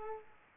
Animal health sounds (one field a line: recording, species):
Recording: mosquito wingbeat signal from an infrared sensor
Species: Aedes aegypti